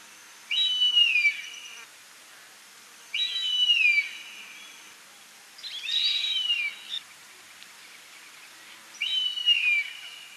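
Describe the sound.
Bird song: four high, downslurred whistled phrases about three seconds apart.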